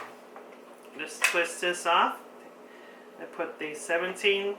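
Someone talks while twisting off an eyepiece and fitting the 17 mm plastic eyepiece toward the eyepiece holder of a Galileoscope telescope built from the Explorer Scientific kit, with a faint tick near 0.4 s. The clip ends before the eyepiece goes home, and nothing has seated or locked yet.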